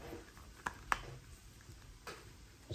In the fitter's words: So, that has clicked.